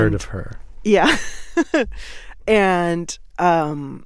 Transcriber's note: laughter